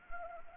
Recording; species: mosquito wingbeat signal from an infrared sensor; Anopheles arabiensis